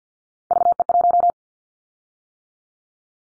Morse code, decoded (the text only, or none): VE1